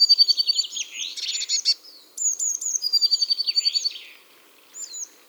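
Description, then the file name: Eurasian blue tit calls: thin high notes running into fast, scolding churred rattles in two main bursts, with a brief high note near the end. "Cyanistes caeruleus"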